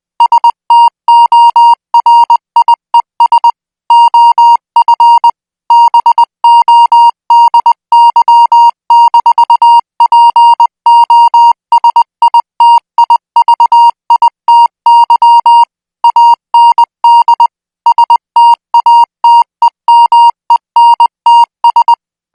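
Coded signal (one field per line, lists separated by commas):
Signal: Morse code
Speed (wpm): 20 wpm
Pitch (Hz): 940 Hz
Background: music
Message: STORIES OF BODY-POSITIVITY AND STATEMENTS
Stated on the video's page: Morse code signal sent at 20 words per minute, made for military signal school training.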